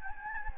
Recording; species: mosquito wingbeat signal from an infrared sensor; Anopheles gambiae